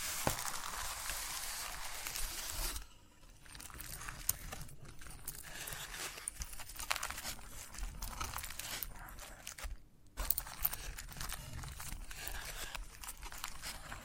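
Chalk scratching and scraping against a hard surface, with a dense gritty hiss through the first three seconds before a brief pause. The scraping returns in irregular strokes and small sharp taps, stopping briefly again near ten seconds before continuing unevenly to the end.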